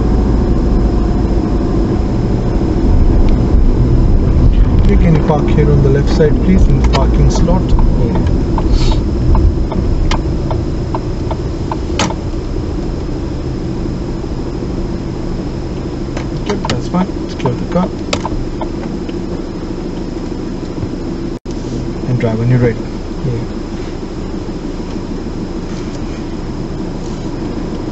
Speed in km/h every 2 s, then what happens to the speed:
26, 26, 27, 24, 15, 8, 5, 3, 0, 0, 0, 0, 0, 0.
4-15 slows to 0. 15-28 standing.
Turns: none.